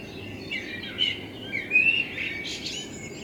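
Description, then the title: Common blackbird singing a short phrase of whistled notes that ends in a thin, high-pitched twitter. Blackbird in front of the recordist's window; binaural recording made with a self-built dummy head, intended for headphone listening. "Kunstkopfaufnahme der Amsel vor meinem Fenster"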